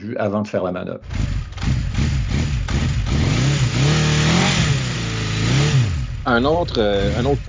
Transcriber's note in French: Bruit de moteur